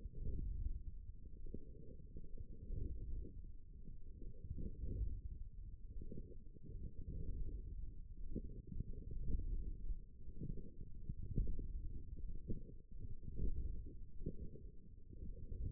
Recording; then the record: forearm muscle sounds (acoustic myography)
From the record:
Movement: forearm supination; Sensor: system 1, eight BSWA MPA416 microphones around the upper forearm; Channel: 4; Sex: male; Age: 18 years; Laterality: right